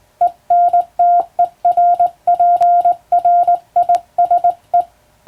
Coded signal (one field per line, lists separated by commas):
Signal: Morse code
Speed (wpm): 19 wpm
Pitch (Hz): 700 Hz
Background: none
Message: ENTERPRISE